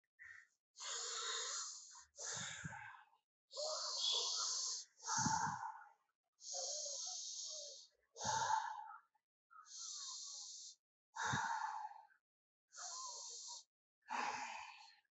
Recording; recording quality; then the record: deep breathing; excellent, no background noise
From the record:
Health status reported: healthy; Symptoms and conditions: none ticked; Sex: male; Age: 42 years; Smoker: not ticked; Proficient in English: yes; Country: India